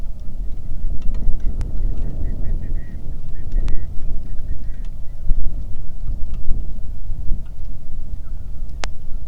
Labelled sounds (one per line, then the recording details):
waterfowl
wind
rain
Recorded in the Arctic National Wildlife Refuge, Alaska, on 3 August 2019 at 09:17
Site 46